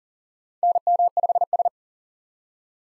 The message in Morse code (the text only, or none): NM5S